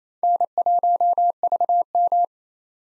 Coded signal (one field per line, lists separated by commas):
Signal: Morse code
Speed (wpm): 29 wpm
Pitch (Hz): 700 Hz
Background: none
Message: N1VM